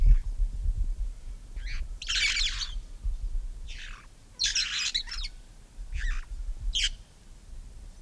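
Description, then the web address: Red-fronted parrot giving a string of loud, gravelly squawks and thinner shrieks at irregular intervals, against a low rumbling background. "parrots poicephalus-gulielmi"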